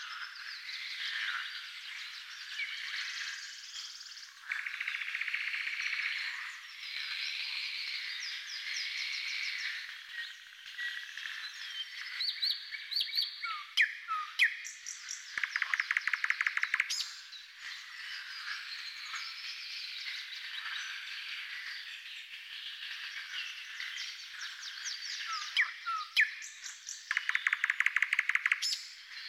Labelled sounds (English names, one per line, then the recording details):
Thrush Nightingale song
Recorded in the wild
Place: Telehany, BY
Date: 2005-05-24
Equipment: Minidisc Sony MZ-R35, Telinga DAT, Telinga-Parabolspiegel
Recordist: Schwarz, Dieter
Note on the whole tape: Song